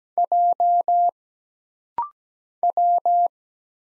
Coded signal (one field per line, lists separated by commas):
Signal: Morse code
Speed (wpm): 17 wpm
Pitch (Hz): 700 Hz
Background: none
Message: J W